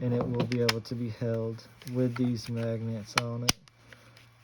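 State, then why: Seated. A 3D-printed fan shroud is pressed onto its magnetic base plate on a 3D printer's extruder bracket while someone talks. A sharp, short click at 3.9 s marks the shroud snapping into place and seating on the magnetic base.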